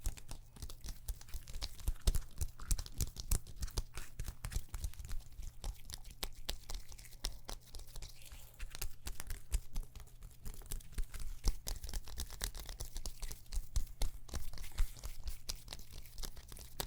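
A neck and shoulder massage made of layered sounds: dense, crackly rubbing and skin friction with a constant spray of small clicks and taps. The texture stays busy and fairly even throughout, over a steady low hum underneath.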